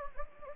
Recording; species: mosquito wingbeat signal from an infrared sensor; Anopheles gambiae